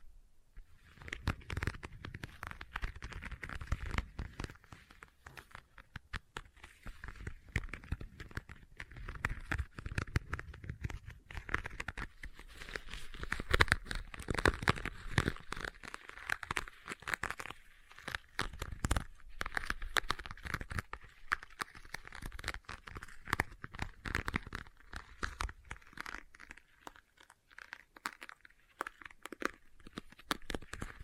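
Leather being tapped and scratched, with a dense, continuous run of quick crinkly scrapes and small crunching taps. The activity stays busy and irregular throughout, with dull low thumps mixed in, and thins out briefly around the 27-second mark before picking up again.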